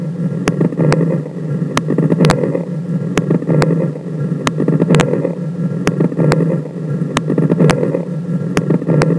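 Pulmonary edema lung sounds from a lung sound simulator: scattered sharp crackles over a low breath-sound hum, through a breathing cycle of about 22 breaths per minute.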